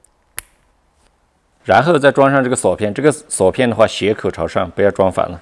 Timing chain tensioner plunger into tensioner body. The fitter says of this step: 后把它按进去，听到它的一声响声的话就卡住了。